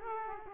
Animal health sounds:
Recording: mosquito wingbeat signal from an infrared sensor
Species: Culex quinquefasciatus

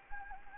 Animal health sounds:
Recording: mosquito wingbeat signal from an infrared sensor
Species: Anopheles gambiae

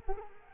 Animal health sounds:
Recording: mosquito wingbeat signal from an infrared sensor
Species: Culex quinquefasciatus

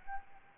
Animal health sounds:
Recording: mosquito wingbeat signal from an infrared sensor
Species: Aedes albopictus

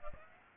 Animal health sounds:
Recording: mosquito wingbeat signal from an infrared sensor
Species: Aedes aegypti

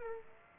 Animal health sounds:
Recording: mosquito wingbeat signal from an infrared sensor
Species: Aedes aegypti

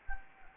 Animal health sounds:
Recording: mosquito wingbeat signal from an infrared sensor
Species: Anopheles gambiae

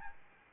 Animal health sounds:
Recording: mosquito wingbeat signal from an infrared sensor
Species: Aedes albopictus

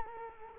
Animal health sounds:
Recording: mosquito wingbeat signal from an infrared sensor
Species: Culex quinquefasciatus

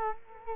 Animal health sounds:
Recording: mosquito wingbeat signal from an infrared sensor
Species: Culex quinquefasciatus

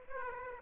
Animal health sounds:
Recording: mosquito wingbeat signal from an infrared sensor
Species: Aedes aegypti

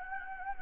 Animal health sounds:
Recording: mosquito wingbeat signal from an infrared sensor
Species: Anopheles gambiae

